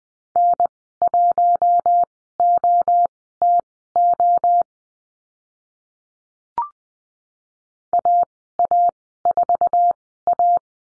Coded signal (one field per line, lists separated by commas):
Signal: Morse code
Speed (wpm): 20 wpm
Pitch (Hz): 700 Hz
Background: none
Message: N1OTO AA4A